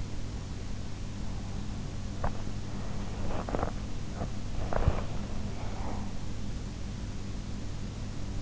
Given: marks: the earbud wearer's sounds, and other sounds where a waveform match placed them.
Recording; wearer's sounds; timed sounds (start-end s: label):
sounds in sleep by an in-ear microphone; teeth grinding
1.93-6.27 s: teeth grinding